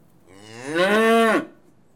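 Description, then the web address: Cattle mooing: a single loud rising, harmonic moo lasting about a second, then quiet. Cattle being tested; livestock. "The BBC Sound Effects Library Livestock Cattle Being Tested"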